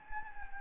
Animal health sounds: mosquito wingbeat signal from an infrared sensor; Anopheles gambiae

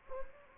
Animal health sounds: mosquito wingbeat signal from an infrared sensor; Anopheles gambiae

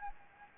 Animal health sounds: mosquito wingbeat signal from an infrared sensor; Anopheles gambiae

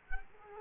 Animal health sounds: mosquito wingbeat signal from an infrared sensor; Culex quinquefasciatus

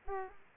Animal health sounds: mosquito wingbeat signal from an infrared sensor; Aedes aegypti

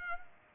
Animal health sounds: mosquito wingbeat signal from an infrared sensor; Culex pipiens

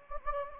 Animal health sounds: mosquito wingbeat signal from an infrared sensor; Anopheles gambiae

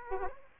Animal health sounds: mosquito wingbeat signal from an infrared sensor; Aedes aegypti

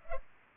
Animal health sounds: mosquito wingbeat signal from an infrared sensor; Culex pipiens

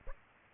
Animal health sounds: mosquito wingbeat signal from an infrared sensor; Aedes aegypti

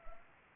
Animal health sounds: mosquito wingbeat signal from an infrared sensor; Anopheles arabiensis

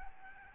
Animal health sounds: mosquito wingbeat signal from an infrared sensor; Aedes albopictus

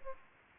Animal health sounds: mosquito wingbeat signal from an infrared sensor; Culex pipiens

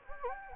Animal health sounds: mosquito wingbeat signal from an infrared sensor; Anopheles gambiae

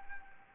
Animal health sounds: mosquito wingbeat signal from an infrared sensor; Anopheles arabiensis

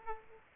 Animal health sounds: mosquito wingbeat signal from an infrared sensor; Aedes aegypti

